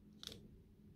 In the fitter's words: there it's all clicked up